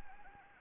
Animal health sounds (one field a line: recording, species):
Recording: mosquito wingbeat signal from an infrared sensor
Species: Anopheles arabiensis